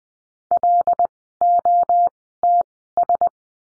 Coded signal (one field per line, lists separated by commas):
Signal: Morse code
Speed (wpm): 20 wpm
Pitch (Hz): 700 Hz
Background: none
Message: LOTS